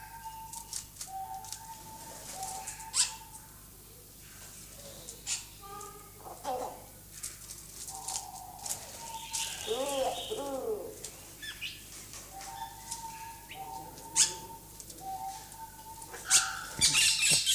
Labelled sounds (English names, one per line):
Diamond Dove courtship call